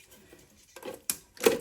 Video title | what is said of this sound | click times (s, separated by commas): How to Replace a Silent Fill Valve Kit on a Kohler Toilet | into the right clockwise until it clicks. Okay, make sure that it is seated | 1.1 s